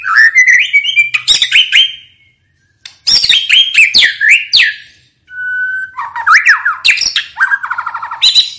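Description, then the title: White-rumped shama singing loud, varied phrases mixing slurred whistles, abrupt ticks and rapid trilled notes, broken by two brief silences. Loud, vigorously singing bird used as a lure to make birds respond. "PANCINGAN MURAI BATU GACOR"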